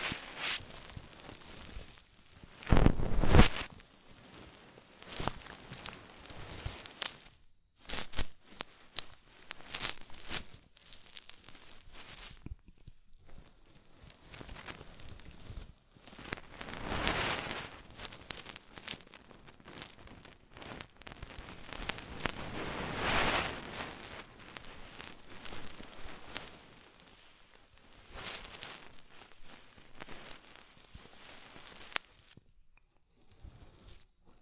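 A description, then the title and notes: Close ear massage with oil and foam: wet, crinkling and crackling rubs come in dense, uneven bursts, with brief quiet gaps near 8, 13 and 33 seconds. A sharp, louder burst lands around 3 seconds, and a steady thin high tone runs underneath throughout. ASMR Oil, Foam and Tingly Ear Massage.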